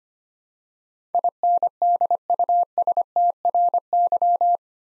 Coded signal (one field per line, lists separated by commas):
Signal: Morse code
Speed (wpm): 25 wpm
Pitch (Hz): 700 Hz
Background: none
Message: INDUSTRY